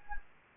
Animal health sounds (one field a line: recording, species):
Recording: mosquito wingbeat signal from an infrared sensor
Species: Anopheles gambiae